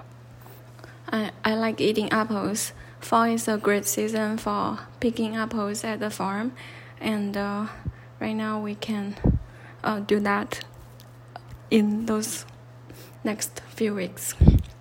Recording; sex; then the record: free speech after running; female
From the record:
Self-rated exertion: light exertion (2 of 6); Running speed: 6 miles an hour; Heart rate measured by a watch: 104 beats a minute at the start, 105 at the end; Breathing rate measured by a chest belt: 15 breaths a minute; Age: 30 years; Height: 160 cm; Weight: 51 kg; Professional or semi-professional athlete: no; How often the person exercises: 3 to 5 times a week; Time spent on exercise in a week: over 5 hours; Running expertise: no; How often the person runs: 3 to 5 times a week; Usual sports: running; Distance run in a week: 60 km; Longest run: 42 km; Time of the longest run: 267 minutes